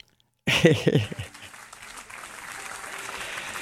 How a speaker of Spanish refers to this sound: Gracias, muchas gracias por los aplausos.